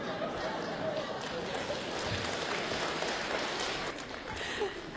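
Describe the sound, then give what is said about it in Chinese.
An audience applauds steadily for several seconds after two short crosstalk (xiangsheng) pieces by Fang Qingping, a dense, even wash of many hands clapping at once with a faint murmur of voices underneath. “对，两段真的是非常的精彩，而且是我们方清平自己执笔写的小段，来再次掌声鼓励一下。”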